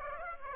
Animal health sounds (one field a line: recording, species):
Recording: mosquito wingbeat signal from an infrared sensor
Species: Aedes aegypti